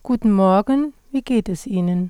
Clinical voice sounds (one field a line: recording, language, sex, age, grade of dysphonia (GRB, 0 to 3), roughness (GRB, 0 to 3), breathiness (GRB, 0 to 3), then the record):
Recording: spoken sentence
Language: German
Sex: female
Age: 40 to 49 years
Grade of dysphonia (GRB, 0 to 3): 0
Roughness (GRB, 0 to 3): 0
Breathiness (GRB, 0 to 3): 0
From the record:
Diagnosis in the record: hyperfunctional dysphonia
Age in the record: 44 years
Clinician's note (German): Tendenz dazu